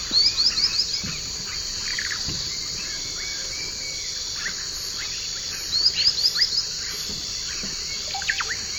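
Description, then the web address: White-lored tyrannulet song: two brisk runs of about five thin upslurred whistles, several seconds apart, against a loud insect drone and scattered lower calls from other birds. Eastern lowlands of South America. "Natures Songs S America Eastern Lowlands. White-lored Tyrannulet"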